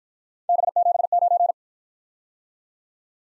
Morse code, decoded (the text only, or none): B79